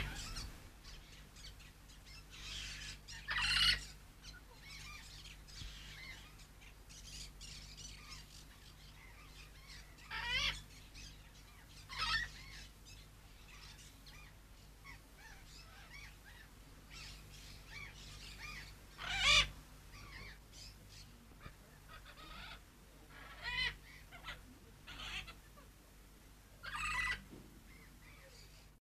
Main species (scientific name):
Ara rubrogenys